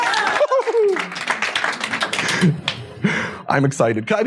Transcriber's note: applause